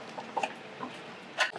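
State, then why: Not seated. The folding step of a Kimberley Karavan caravan's stairs is pulled up and slid into its stowed position under the caravan, with a few light ticks and knocks, including a louder, longer knock near the end. Nothing has locked or seated yet when the clip ends.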